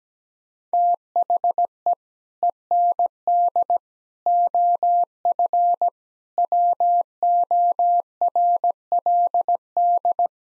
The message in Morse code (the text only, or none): THE END OF WORLD